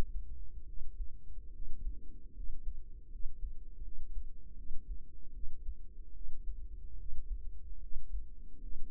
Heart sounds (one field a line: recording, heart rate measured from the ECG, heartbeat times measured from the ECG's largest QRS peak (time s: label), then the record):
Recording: heart sounds by microphone in the right ear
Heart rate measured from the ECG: 76 bpm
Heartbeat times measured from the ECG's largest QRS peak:
0.67 s: heartbeat
1.52 s: heartbeat
2.35 s: heartbeat
3.10 s: heartbeat
3.83 s: heartbeat
4.56 s: heartbeat
5.33 s: heartbeat
6.14 s: heartbeat
6.98 s: heartbeat
7.81 s: heartbeat
8.60 s: heartbeat
From the record:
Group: healthy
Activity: rest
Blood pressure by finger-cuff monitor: 125/43 mmHg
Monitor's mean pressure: 71 mmHg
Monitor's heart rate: 72 bpm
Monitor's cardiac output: 11.2 L/min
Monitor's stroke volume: 148 mL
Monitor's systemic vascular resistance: 470 dyn s/cm5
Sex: female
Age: 32 years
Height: 168 cm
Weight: 61.9 kg